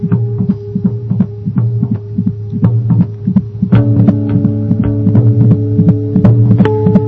The heart of a baby recorded inside a human body.